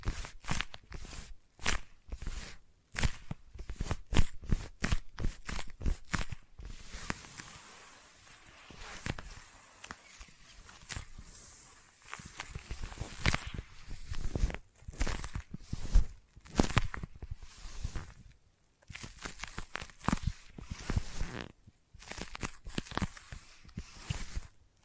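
Sticky tapping and sticky triggers fill the recording, a steady run of quick, crisp taps with a tacky, peeling edge. The taps come in fast bursts, with a brief hush near seven seconds and short gaps later, each contact sharp and bright.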